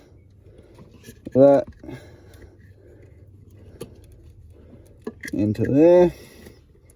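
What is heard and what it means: A throttle controller harness plug is handled near the vehicle's wiring connector, its mating plastic connector, while someone talks. Only faint taps and light handling noises are heard between the talking. Nothing has seated or clicked yet.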